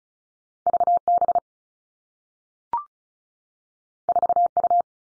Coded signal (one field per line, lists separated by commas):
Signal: Morse code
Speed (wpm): 36 wpm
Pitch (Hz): 700 Hz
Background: none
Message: V B 4 U